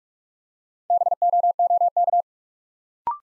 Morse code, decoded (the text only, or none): BOOK